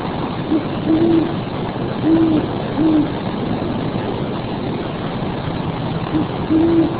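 Owl giving a few low, mellow hoots spaced irregularly, with a low droning background noise.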